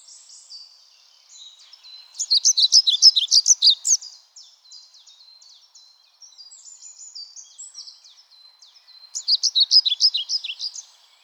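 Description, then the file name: European pied flycatcher song, two loud bursts of high, see-sawing notes about seven seconds apart, with quieter notes between them. "GOBEMOUCHE NOIR"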